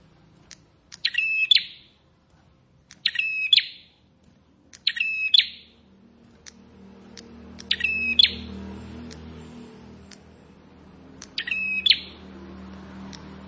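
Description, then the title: Plain prinia song: a harsh buzzy phrase repeated every two to four seconds, five times, over low noise that grows midway. Recording used for training cage birds. "Ciblek Sawah"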